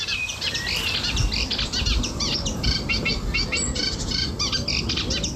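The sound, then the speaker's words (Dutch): A Eurasian reed warbler, recorded in Lent near Nijmegen in the Netherlands, sings a steady, chattering stream of rapid, scratchy high-pitched notes, repeated in a rhythmic, churring pattern over a low rumbling background with no voices. “Neem nou deze bijdrage van de kleine karekiet.”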